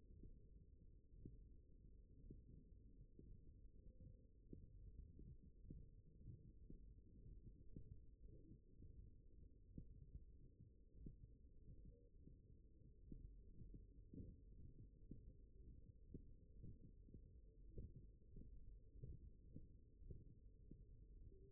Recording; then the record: forearm muscle sounds (acoustic myography)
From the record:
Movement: index flexion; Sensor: system 1, eight BSWA MPA416 microphones around the upper forearm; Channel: 7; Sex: male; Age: 42 years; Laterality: right